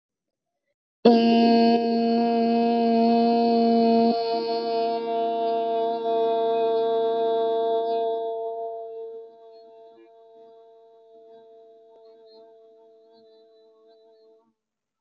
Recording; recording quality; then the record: sustained vowel as in made; moderate, slight background noise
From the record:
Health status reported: healthy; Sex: female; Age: 22 years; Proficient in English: yes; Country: India